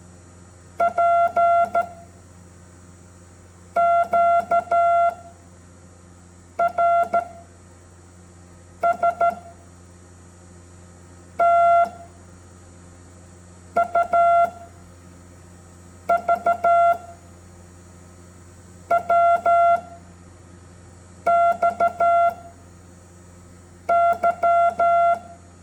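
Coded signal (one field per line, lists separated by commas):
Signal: Morse code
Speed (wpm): 14 wpm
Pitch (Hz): 690 Hz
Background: none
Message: P Q R S T U V W X Y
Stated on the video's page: Morse code English alphabet lesson.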